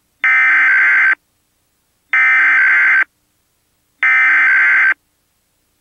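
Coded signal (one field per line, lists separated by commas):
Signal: Emergency Alert System (SAME) tones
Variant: header bursts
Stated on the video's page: Fictional EAS scenario about an Alaska blizzard; tones are valid and can activate EAS systems.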